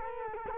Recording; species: mosquito wingbeat signal from an infrared sensor; Culex quinquefasciatus